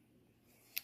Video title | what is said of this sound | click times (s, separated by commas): Before you buy the CAA MCK watch this!! | Now you're locked, loaded, ready to go. | 0.8 s